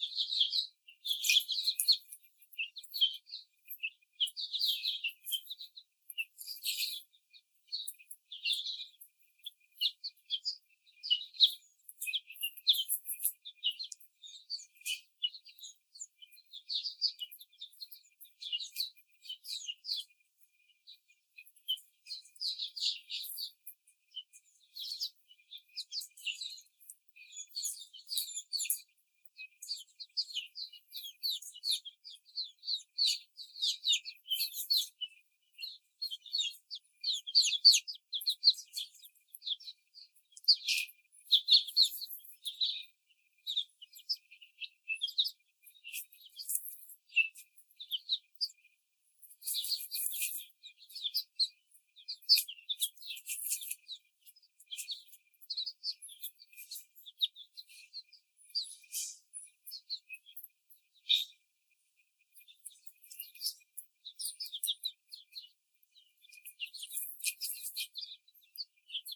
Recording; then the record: young laying hens in a cage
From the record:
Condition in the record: after the stressor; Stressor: simulated dog barking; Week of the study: 4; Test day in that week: 2